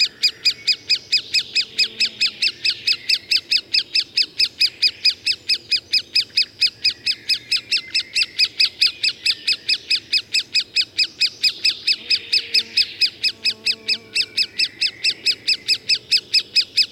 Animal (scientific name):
Dendrocopos major